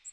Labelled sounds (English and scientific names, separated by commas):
Magnolia Warbler (Setophaga magnolia) flight call